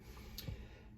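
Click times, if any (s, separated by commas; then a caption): 0.4 s. The bottom adjustment ring on the dust shroud of a Hilti DGH 150 concrete grinder is spun back from the edge-grinding opening until it locks into place. A single short, sharp click sounds at 0.4 s over a low background rumble. The ring is seated and locked in position.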